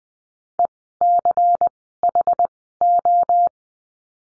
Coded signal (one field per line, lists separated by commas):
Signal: Morse code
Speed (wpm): 20 wpm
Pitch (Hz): 700 Hz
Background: none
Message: ECHO